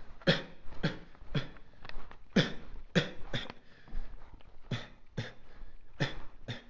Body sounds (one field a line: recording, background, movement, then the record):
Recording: voluntary coughing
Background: quiet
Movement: walking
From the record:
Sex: male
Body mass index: 23.7 kg/m2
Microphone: on the chest, facing outward